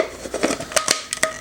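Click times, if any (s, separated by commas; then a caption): 0.9 s, 1.2 s. The two plastic halves of a Joie Fresh Flip red tomato saver pod are pressed together, with soft handling and rattling before sharp plastic snaps. The halves lock into place with clicks at 0.9 s and 1.2 s. No one talks.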